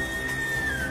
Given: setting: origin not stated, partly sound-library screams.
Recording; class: one-second piece from a danger detection set; woman in danger